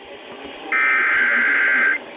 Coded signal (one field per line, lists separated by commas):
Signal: Emergency Alert System (SAME) tones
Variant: header bursts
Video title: RALEIGH'S BULLSHIT SURPRISE!!! EAS Alerts from 8/21/19 (EAS #3,234 - 3,255)